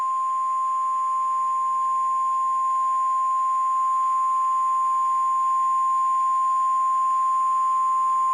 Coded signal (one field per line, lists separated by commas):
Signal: Emergency Alert System (SAME) tones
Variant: 1050 Hz attention tone